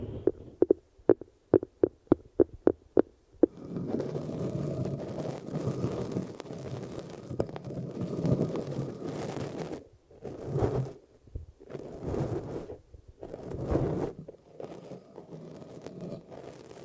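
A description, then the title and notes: An ear-massage recording that opens with about eight sharp, evenly spaced taps over the first three and a half seconds. A dense, rumbling rub then takes over, low and muffled, swelling and easing in long strokes with brief near-silent breaks around 10 and 11 seconds. ASMR Ear Melting Eardrum Massage for Sleep (No Talking).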